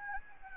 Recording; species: mosquito wingbeat signal from an infrared sensor; Anopheles gambiae